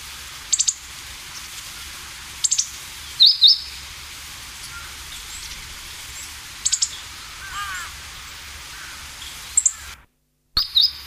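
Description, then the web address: Meadow bunting calling: short bursts of high, sharp ticks, twice followed by a pair of slurred chips, spaced a few seconds apart; a brief silence near the end. "sikioto. houzirozinaki"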